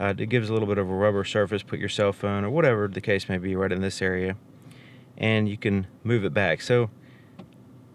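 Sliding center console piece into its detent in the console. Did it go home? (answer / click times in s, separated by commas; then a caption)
yes / 7.4 s. A sliding center console piece with a rubberized tray surface in a 2018 Dodge Charger SXT Blacktop is moved back into its detent while someone talks. After the talking stops, a short tick is heard at 7.4 s, followed by a fainter one just after, as the piece snaps into place so it won't move around while driving.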